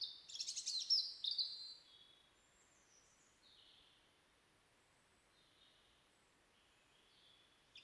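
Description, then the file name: European robin song: a short burst of high, scratchy twittering notes at the start, then long near-silence with a few faint thin notes. "Erithacus rubecula"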